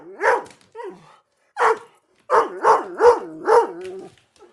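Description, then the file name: German Shorthaired Pointer barking in quick bursts, with whiny, wavering tones between barks and a run of four rapid barks near the end. Barking and whimpering. "dog german short haired pointer bark and whimper fienup"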